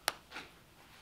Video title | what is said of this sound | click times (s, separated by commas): Sitka Gear Optifade Elevated II Gear Review!!! | Hear that snapped in place. | 0.1 s